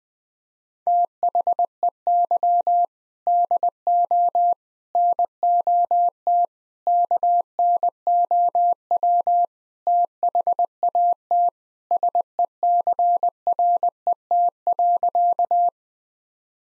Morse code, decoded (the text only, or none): THEY DO NOT KNOW THAT SECRET.